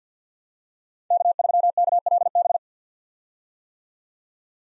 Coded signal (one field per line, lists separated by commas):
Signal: Morse code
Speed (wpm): 50 wpm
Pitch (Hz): 700 Hz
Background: none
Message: K3KLB